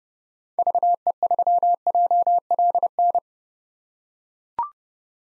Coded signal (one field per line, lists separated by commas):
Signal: Morse code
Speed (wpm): 32 wpm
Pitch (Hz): 700 Hz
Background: none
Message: VE3JLN